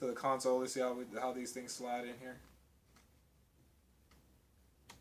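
Someone talks while starting to slide a right-hand detachable Joy-Con controller down the side rail of a Nintendo Switch handheld game console. After the talking stops, a quiet stretch follows with faint small ticks of handling around 3.0 s and 4.9 s. The controller has not seated or clicked into place yet.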